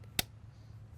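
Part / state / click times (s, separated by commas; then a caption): ebike battery pack into bike frame mount and lock / seated / 0.2 s. A frame-mounted battery pack on a Tern HSD S11 compact electric cargo bike is pushed down into its frame mount with the key removed, so the latch click can be heard. A single sharp click at 0.2 s rises above a steady low hum, showing the battery is fully locked in place.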